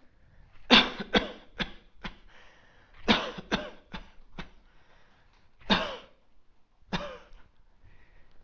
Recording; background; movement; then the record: voluntary coughing; quiet; sitting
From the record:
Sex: male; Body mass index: 20.6 kg/m2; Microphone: on the chest, facing outward